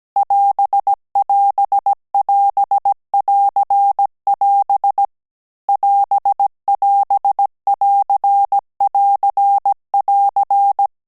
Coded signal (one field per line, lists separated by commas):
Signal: Morse code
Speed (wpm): 17 wpm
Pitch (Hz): 800 Hz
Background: none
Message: <AS><AS><AS><AR><AS> <AS><AS><AR><AR><AR>